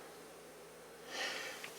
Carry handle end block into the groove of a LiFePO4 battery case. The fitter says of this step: so you just slide it back in and locks in place so nice